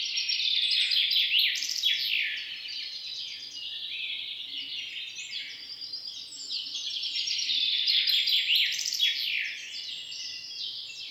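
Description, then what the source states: Birds singing together, dense high chirps and fast descending trills overlapping, with two louder bursts near the start and late in the recording. Morning bird song.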